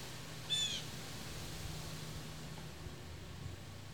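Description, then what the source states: Blue jay giving one short, harsh, harmonic call about half a second in, with steady low wind rumble throughout. Recorded in October, in autumn wind.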